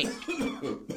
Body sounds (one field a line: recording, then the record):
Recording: coughing mixed with background sound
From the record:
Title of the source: Spring Cold Coughing.